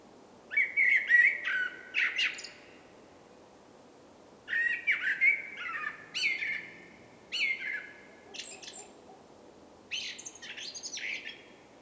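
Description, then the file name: Common blackbird song: mellow fluted warbled phrases around the lower-middle range, each ending in a thin high twitter, given in bursts separated by short pauses. "Turdus merula"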